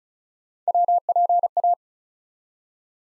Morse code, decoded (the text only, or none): WPA